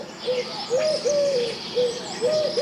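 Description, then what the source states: Eurasian collared dove cooing: soft hooting coos in repeated three-note phrases, over a faint hiss. Heard in a film set before the species bred in the Netherlands; first Dutch breeding record around 1950, so its presence was an anachronism.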